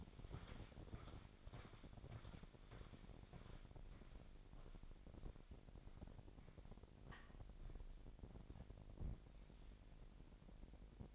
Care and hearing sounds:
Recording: daily activity, microphone in the room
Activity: walk to room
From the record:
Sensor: 5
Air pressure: 1012.3 hPa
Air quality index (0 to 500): 235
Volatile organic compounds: 4 ppm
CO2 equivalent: 1564 ppm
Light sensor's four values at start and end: 56/127/54/59 and 57/133/55/58

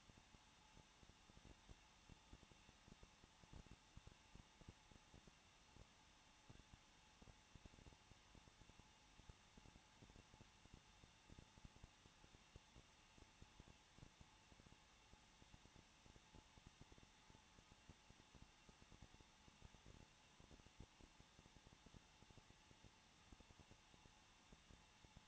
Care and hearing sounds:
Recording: daily activity, microphone in the room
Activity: no activity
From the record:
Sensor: 1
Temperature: 20.1 degrees Celsius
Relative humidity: 39.3%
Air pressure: 1006.4 hPa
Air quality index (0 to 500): 218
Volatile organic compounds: 80 ppm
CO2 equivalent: 3604 ppm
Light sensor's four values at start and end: 1/2/1/1 and 1/2/1/1

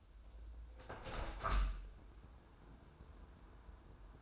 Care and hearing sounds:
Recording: daily activity, microphone in the room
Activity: open window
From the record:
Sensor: 2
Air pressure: 995.6 hPa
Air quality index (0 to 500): 92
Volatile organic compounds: 4 ppm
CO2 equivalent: 1693 ppm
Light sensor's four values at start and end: 24/76/30/29 and 24/77/31/29

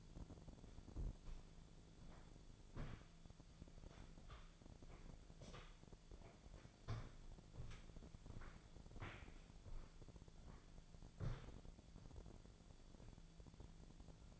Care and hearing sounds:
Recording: daily activity, microphone in the room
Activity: walk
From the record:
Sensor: 5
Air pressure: 1008.4 hPa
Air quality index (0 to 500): 153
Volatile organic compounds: 3 ppm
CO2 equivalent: 1474 ppm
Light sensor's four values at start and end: 65/181/71/72 and 65/180/71/72

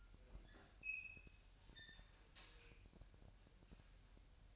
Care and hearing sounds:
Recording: daily activity, microphone in the room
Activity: open fridge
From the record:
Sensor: 2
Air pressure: 1001.8 hPa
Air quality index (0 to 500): 250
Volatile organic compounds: 39 ppm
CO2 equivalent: 3132 ppm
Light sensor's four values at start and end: 8/28/11/10 and 8/28/11/10

